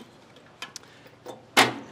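A technician rotates the big yellow handle to unlatch the stowed fold-up entry step on the door frame of a 2021 Revolve EV1 all-electric travel trailer, and the metal step swings down. Sharp latch clicks land at 0.6 s and 0.8 s, followed by a louder, broad clattering thud near 1.6 s as the step drops. The latch releases and the step comes down.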